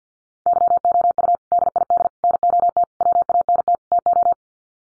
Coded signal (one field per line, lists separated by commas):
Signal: Morse code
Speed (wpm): 50 wpm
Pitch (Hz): 700 Hz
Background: none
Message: YOU DID NOT WANT TO